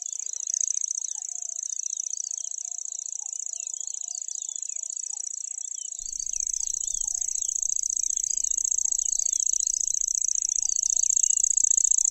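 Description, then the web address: Lanceolated warbler giving a steady, unbroken high reel like a cricket, with scattered chirps of other birds and faint low whistles, growing slightly louder halfway through. "makinosennyuu"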